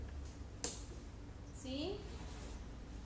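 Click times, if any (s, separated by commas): 0.6 s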